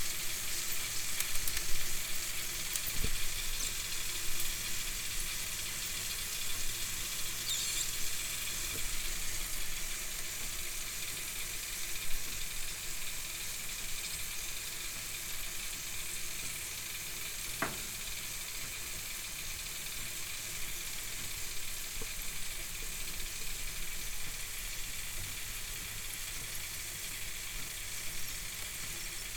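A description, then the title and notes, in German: Mixed vegetables sizzle steadily after coming out of a hot oven, a dense bright crackle with a low hum and a sharp click near eighteen seconds. Ofengemüse gemischt, frisch aus dem 180° heißen Herd.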